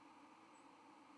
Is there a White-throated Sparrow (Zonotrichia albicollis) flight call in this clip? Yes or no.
yes